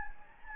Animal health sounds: mosquito wingbeat signal from an infrared sensor; Anopheles gambiae

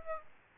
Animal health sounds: mosquito wingbeat signal from an infrared sensor; Aedes aegypti

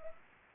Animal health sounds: mosquito wingbeat signal from an infrared sensor; Anopheles arabiensis

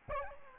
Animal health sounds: mosquito wingbeat signal from an infrared sensor; Aedes albopictus

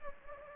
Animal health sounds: mosquito wingbeat signal from an infrared sensor; Anopheles gambiae

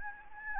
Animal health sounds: mosquito wingbeat signal from an infrared sensor; Anopheles gambiae

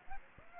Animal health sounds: mosquito wingbeat signal from an infrared sensor; Aedes aegypti

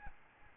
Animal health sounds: mosquito wingbeat signal from an infrared sensor; Aedes albopictus

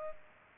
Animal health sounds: mosquito wingbeat signal from an infrared sensor; Culex pipiens

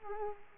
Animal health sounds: mosquito wingbeat signal from an infrared sensor; Culex quinquefasciatus

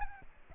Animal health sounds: mosquito wingbeat signal from an infrared sensor; Aedes albopictus

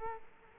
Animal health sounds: mosquito wingbeat signal from an infrared sensor; Culex quinquefasciatus

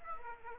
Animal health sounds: mosquito wingbeat signal from an infrared sensor; Aedes aegypti

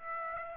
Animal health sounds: mosquito wingbeat signal from an infrared sensor; Aedes aegypti

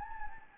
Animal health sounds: mosquito wingbeat signal from an infrared sensor; Anopheles gambiae

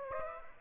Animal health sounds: mosquito wingbeat signal from an infrared sensor; Aedes aegypti

